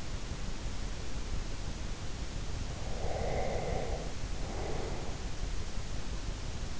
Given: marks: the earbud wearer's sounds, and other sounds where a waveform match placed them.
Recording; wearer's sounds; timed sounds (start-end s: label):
sounds in sleep by an in-ear microphone; breath
2.86-5.27 s: breath